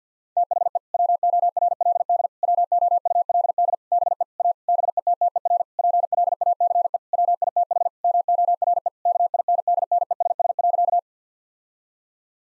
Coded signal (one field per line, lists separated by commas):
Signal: Morse code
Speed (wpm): 50 wpm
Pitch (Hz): 700 Hz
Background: none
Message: THE WORLD WOULD BE A BETTER PLACE WITH MORE KINDNESS.